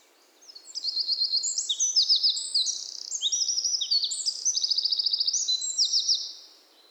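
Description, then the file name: Eurasian wren singing a loud, hurried song of about six seconds, packed with very high trills and sharp chattering phrases, then falling silent. "Troglodytes troglodytes"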